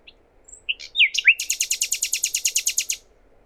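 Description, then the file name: Common nightingale song: a few whistled and slurred introductory notes, then a loud, evenly repeated series of about fifteen harsh high notes. "Luscinia megarhynchos"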